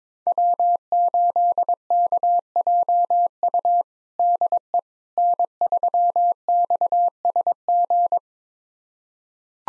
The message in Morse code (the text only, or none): W8KJU DE N3XSG